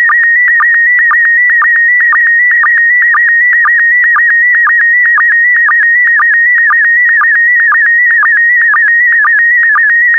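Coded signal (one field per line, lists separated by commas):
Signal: SSTV (slow-scan television)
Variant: PD120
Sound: steady warbling high tone broken by short low sync blips about twice a second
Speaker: Five, four, three, two, one. Thank you. Transmission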